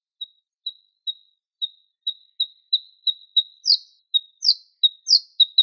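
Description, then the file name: Bluethroat song: soft clear pips repeated and speeding up, broken by three louder downslurred notes, building in volume through the phrase. "Luscinia svecica"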